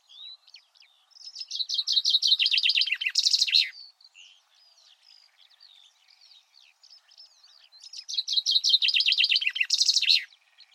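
Common chaffinch song: two full phrases, each a rapid series of notes closing with a sharp flourish, separated by soft twittering chirps.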